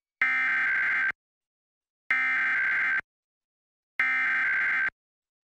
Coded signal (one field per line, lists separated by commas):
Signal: Emergency Alert System (SAME) tones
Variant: header bursts